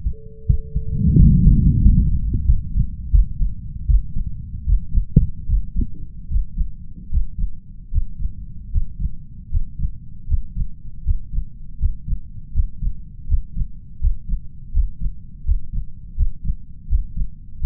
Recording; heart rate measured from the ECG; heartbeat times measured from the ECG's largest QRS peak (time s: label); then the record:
heart sounds by stethoscope; 81 bpm
0.45 s: heartbeat
1.15 s: heartbeat
1.81 s: heartbeat
2.44 s: heartbeat
3.10 s: heartbeat
3.85 s: heartbeat
4.64 s: heartbeat
5.46 s: heartbeat
6.28 s: heartbeat
7.09 s: heartbeat
7.90 s: heartbeat
8.70 s: heartbeat
9.49 s: heartbeat
10.26 s: heartbeat
11.03 s: heartbeat
11.77 s: heartbeat
12.52 s: heartbeat
13.26 s: heartbeat
13.99 s: heartbeat
14.71 s: heartbeat
15.43 s: heartbeat
16.14 s: heartbeat
16.87 s: heartbeat
17.58 s: heartbeat
From the record:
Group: healthy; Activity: Valsalva maneuver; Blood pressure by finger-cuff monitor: 107/66 mmHg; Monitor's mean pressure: 78 mmHg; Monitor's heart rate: 81 bpm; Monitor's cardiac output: 6.9 L/min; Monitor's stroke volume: 88 mL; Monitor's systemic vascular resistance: 830 dyn s/cm5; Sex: male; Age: 21 years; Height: 180 cm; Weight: 67.5 kg